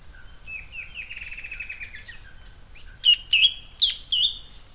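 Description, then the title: Bird: a rapid rattling trill comes first, followed by four loud, sharp chirps in quick succession. "LuckyPassaro Completos2Sama"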